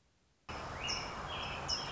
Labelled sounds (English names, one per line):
American Robin